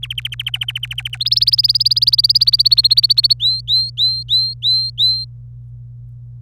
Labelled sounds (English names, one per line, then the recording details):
Domestic Canary song
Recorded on 25 April 2018 at 17:50
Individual llb3